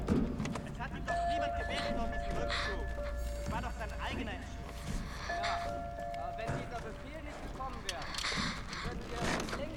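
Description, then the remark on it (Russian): Footsteps thud in a steady, uneven run of hard knocks, fairly loud, over a busy background with a sustained mid-pitched tone and muffled voices. “Раздаются шаги.”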